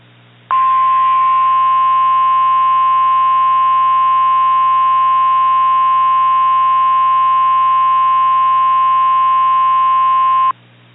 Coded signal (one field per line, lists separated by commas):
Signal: Emergency Alert System (SAME) tones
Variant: 1050 Hz attention tone